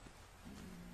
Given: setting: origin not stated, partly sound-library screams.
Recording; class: one-second piece from a danger detection set; normal situation